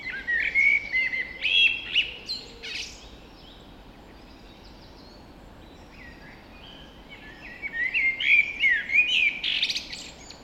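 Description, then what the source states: Birds in a dawn chorus, several overlapping whistled and chirping phrases in two bursts, at the start and again near the end, with a quieter gap between. Dawn chorus recorded just after dawn in the Forest of Dean.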